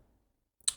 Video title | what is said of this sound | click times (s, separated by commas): Dave's KR Sabers "DS3" Darth Sidious Neopixel Lightsaber with Goth Master Chassis | it snaps in place right there | 0.7 s